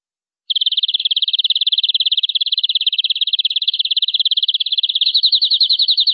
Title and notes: BM Suara Kenari. BM Suara Burung Kenari